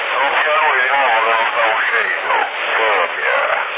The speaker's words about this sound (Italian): Io me lo segnale mio, tu lo senti la mia radio come che c'ha il bip, che è diversa, c'ha l'eco di tutto.